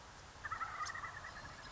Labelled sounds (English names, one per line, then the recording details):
Wild Turkey
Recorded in Sonoma County, California